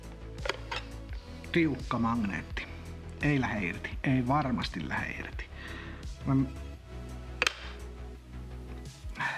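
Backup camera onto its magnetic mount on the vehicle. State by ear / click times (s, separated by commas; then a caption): seated / 7.4 s. A fully wireless Autovox Solar 5B backup camera is pressed onto its strong magnetic mount on a camper and snaps into place with a sharp hit at 7.4 s, seated and hard to pull off. Someone talks over background music before the snap.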